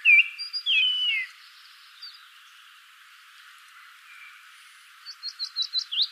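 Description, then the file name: Common blackbird call: loud squealing, wavering notes at the start, a quiet pause, then a quick series of sharp chips rising in loudness. "Turdus merula"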